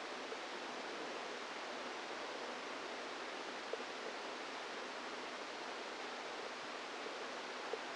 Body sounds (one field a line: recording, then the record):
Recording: brain microelectrode recording played as sound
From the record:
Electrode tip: outside the subthalamic nucleus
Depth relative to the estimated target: -4 mm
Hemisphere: right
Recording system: NeuroSet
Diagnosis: Parkinson's disease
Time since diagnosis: 10 years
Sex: female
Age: 45 years